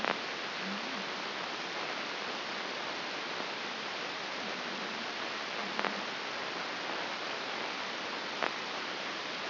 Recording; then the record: brain microelectrode recording played as sound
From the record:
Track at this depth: outside the subthalamic nucleus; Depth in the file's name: 4.423 mm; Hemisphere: left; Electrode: 2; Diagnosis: Parkinson's disease